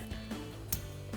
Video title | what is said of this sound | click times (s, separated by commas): 2005-2015 6-Lug Tacoma Freedom Offroad Adjustable Front Control Arms Review & Install | Next, we can grab our ABS connector, push that in until you hear the click. | 0.7 s